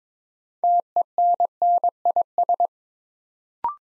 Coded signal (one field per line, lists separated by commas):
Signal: Morse code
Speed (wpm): 22 wpm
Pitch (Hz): 700 Hz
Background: none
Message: TENNIS